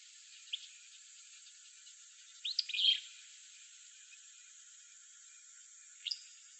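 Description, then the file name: Willow flycatcher giving short, sharp high call notes: a single note, then a brief cluster of several, then a final note, over steady faint hiss. Recorded in Arizona on 11 June 2006. "WIFL 5 deviche"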